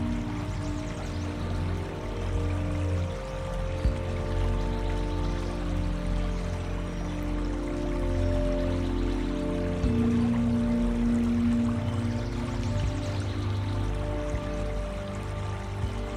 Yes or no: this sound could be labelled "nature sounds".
yes